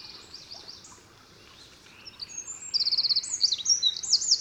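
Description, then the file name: Eurasian wren, soft high trills early, then a loud run of rapid, rattling trills and sweeping notes in the second half, over a hissing background. "Troglodytes troglodytes"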